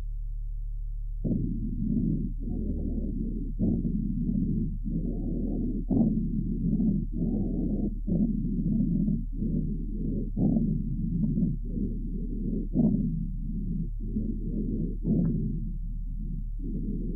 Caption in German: Sind größere Sekretmengen in den Bronchien vorhanden, zum Beispiel bei einer Bronchitis, so können oft feuchte Rasselgeräusche wahrgenommen werden.